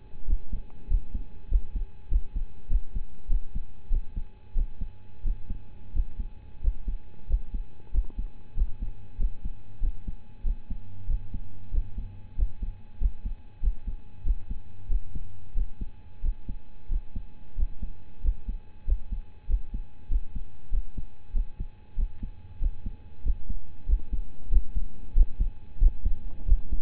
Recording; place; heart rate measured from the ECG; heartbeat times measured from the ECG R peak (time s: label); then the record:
heart sounds by stethoscope; between the tricuspid and mitral areas; 94 bpm
0.25 s: heartbeat
0.87 s: heartbeat
1.48 s: heartbeat
2.08 s: heartbeat
2.68 s: heartbeat
3.28 s: heartbeat
3.89 s: heartbeat
4.54 s: heartbeat
5.23 s: heartbeat
5.92 s: heartbeat
6.60 s: heartbeat
7.26 s: heartbeat
7.91 s: heartbeat
8.54 s: heartbeat
9.17 s: heartbeat
9.80 s: heartbeat
10.43 s: heartbeat
11.06 s: heartbeat
11.70 s: heartbeat
12.35 s: heartbeat
12.98 s: heartbeat
13.60 s: heartbeat
14.23 s: heartbeat
14.88 s: heartbeat
15.54 s: heartbeat
16.21 s: heartbeat
16.88 s: heartbeat
17.55 s: heartbeat
18.21 s: heartbeat
18.84 s: heartbeat
19.46 s: heartbeat
20.08 s: heartbeat
20.70 s: heartbeat
21.32 s: heartbeat
21.96 s: heartbeat
22.59 s: heartbeat
23.22 s: heartbeat
23.85 s: heartbeat
24.49 s: heartbeat
25.13 s: heartbeat
25.78 s: heartbeat
26.44 s: heartbeat
From the record:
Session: rest, lying down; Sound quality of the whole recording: partially saturated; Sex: male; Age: 25 years